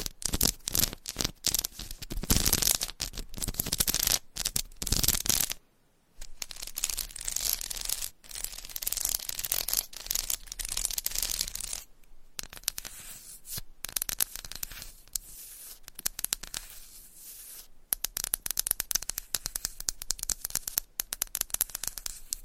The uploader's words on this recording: ASMR Candle Scratching and Tapping Textured Candles - Asmr No Talking for Sleep with Long Nails.